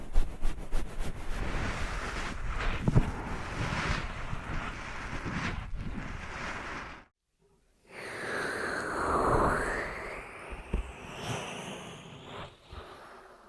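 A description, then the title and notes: Ear massage triggers: dense, scratchy rubbing with sharp bursts, a brief silence near seven seconds, then louder sweeping swishes that rise and fall. Ear Massage Triggers.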